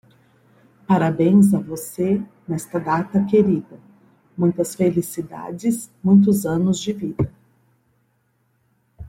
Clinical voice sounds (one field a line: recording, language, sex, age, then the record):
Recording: short text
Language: Brazilian Portuguese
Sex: female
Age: 50 to 59 years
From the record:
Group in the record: control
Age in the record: 51 years